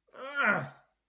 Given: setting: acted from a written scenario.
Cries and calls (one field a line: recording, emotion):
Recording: vocal sound without words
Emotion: pain